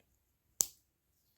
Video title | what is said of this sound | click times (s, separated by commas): Some vintage Case knives. | nice little click there | 0.6 s